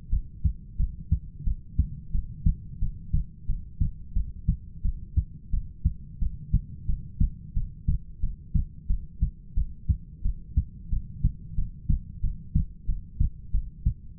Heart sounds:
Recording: heart sounds by stethoscope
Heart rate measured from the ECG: 90 bpm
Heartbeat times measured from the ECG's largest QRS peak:
0.11 s: heartbeat
0.78 s: heartbeat
1.45 s: heartbeat
2.13 s: heartbeat
2.81 s: heartbeat
3.48 s: heartbeat
4.15 s: heartbeat
4.83 s: heartbeat
5.52 s: heartbeat
6.20 s: heartbeat
6.87 s: heartbeat
7.55 s: heartbeat
8.21 s: heartbeat
8.88 s: heartbeat
9.56 s: heartbeat
10.24 s: heartbeat
10.91 s: heartbeat
11.56 s: heartbeat
12.22 s: heartbeat
12.87 s: heartbeat
13.53 s: heartbeat
14.18 s: heartbeat
From the record:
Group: heart failure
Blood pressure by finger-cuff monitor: 103/65 mmHg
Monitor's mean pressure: 78 mmHg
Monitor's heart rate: 88 bpm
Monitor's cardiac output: 7.6 L/min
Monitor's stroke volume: 85 mL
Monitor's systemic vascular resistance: 750 dyn s/cm5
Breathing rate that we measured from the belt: 13 breaths a minute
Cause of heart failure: ischemic heart disease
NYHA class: 1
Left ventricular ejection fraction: 38%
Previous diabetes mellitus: present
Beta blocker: bisoprolol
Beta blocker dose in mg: 15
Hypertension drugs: sacubitril-valsartan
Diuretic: furosemide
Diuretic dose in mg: 20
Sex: male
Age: 33 years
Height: 172 cm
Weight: 78.5 kg

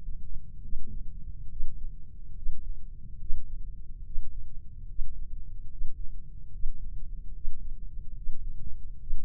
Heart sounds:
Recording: heart sounds by microphone in the left ear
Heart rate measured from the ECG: 72 bpm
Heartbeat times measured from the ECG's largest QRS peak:
0.61 s: heartbeat
1.48 s: heartbeat
2.34 s: heartbeat
3.17 s: heartbeat
4.02 s: heartbeat
4.86 s: heartbeat
5.68 s: heartbeat
6.50 s: heartbeat
7.32 s: heartbeat
8.14 s: heartbeat
8.98 s: heartbeat
From the record:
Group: healthy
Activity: Valsalva maneuver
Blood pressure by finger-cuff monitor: 124/79 mmHg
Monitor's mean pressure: 92 mmHg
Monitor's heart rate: 71 bpm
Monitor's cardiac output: 5.5 L/min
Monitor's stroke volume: 76 mL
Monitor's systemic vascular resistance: 1250 dyn s/cm5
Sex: female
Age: 24 years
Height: 163 cm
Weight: 55.7 kg

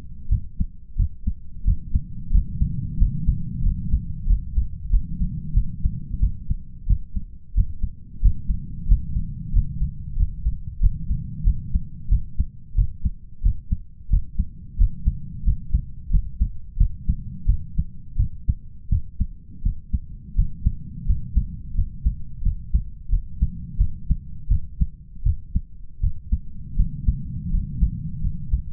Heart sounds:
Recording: heart sounds by stethoscope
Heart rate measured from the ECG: 88 bpm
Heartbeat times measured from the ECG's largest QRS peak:
0.29 s: heartbeat
0.97 s: heartbeat
1.65 s: heartbeat
2.32 s: heartbeat
2.98 s: heartbeat
3.63 s: heartbeat
4.27 s: heartbeat
4.90 s: heartbeat
5.54 s: heartbeat
6.20 s: heartbeat
6.87 s: heartbeat
7.55 s: heartbeat
8.22 s: heartbeat
8.88 s: heartbeat
9.53 s: heartbeat
10.17 s: heartbeat
10.80 s: heartbeat
11.44 s: heartbeat
12.09 s: heartbeat
12.75 s: heartbeat
13.42 s: heartbeat
14.10 s: heartbeat
14.78 s: heartbeat
15.44 s: heartbeat
16.10 s: heartbeat
16.77 s: heartbeat
17.46 s: heartbeat
18.17 s: heartbeat
18.89 s: heartbeat
19.63 s: heartbeat
20.35 s: heartbeat
21.06 s: heartbeat
21.75 s: heartbeat
22.42 s: heartbeat
23.10 s: heartbeat
23.78 s: heartbeat
24.49 s: heartbeat
25.23 s: heartbeat
26.01 s: heartbeat
26.76 s: heartbeat
27.50 s: heartbeat
28.21 s: heartbeat
From the record:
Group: healthy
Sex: male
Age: 33 years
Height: 179 cm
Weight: 80.4 kg

